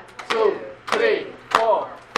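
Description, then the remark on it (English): Four sharp hand claps at a steady, even pace during a group counting clap exercise, each one quickly followed by voices chanting along in a group. “We start, we clap our hands 8 times, all right?”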